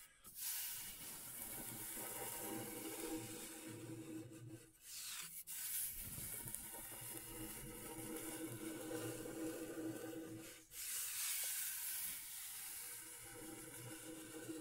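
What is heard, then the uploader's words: Continuous, bright scratching on scratchboard forms a dense hissing texture, with brief pauses near five seconds and again around eleven seconds. ASMR Brain Tingling Scratchboard (No Talking).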